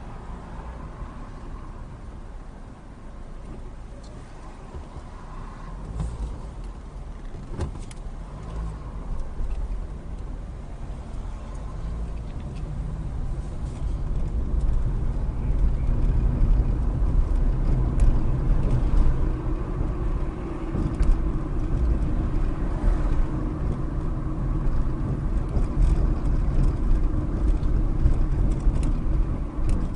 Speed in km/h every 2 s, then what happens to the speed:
5, 2, 3, 3, 8, 10, 16, 26, 34, 39, 37, 37, 35, 35, 32.
1-3 standing. 3-18 pulls away to 39. 18-30 slows to 32.